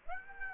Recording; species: mosquito wingbeat signal from an infrared sensor; Aedes aegypti